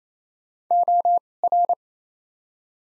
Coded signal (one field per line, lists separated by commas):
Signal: Morse code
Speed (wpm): 28 wpm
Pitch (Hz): 700 Hz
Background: none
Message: O R